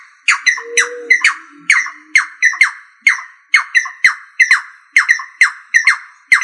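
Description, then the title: Rail calling with harsh, scratchy downslurred notes in pairs and triplets, repeated throughout; a brief low tone shows near the start. "Familia Rallidae"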